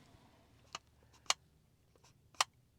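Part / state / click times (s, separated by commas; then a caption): lens hood onto camera lens bayonet / not seated / none. With the alignment dots lined up, a plastic lens hood is twisted onto a camera lens bayonet, producing three faint, brief ticks of handling noise near 0.8, 1.3 and 2.4 seconds over a quiet background. Nothing has clicked or locked into place yet, so the hood is loose and may slide off on its own.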